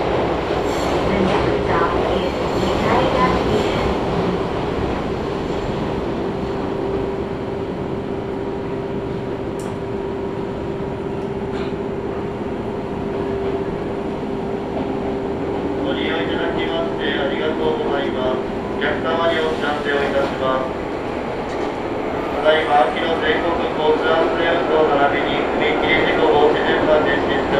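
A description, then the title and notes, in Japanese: A ride on the Izu-Hakone Railway Daiyuzan Line from Odawara toward Daiyuzan, with a steady, dense rumble of the running train throughout. A held mid-pitched motor whine runs from about five to twenty seconds, while voices come and go, clearest near the end. 伊豆箱根鉄道 大雄山線 小田原→大雄山。列車は３両編成で12分間隔と単線区間の中では最も頻繁に走る路線の一つです。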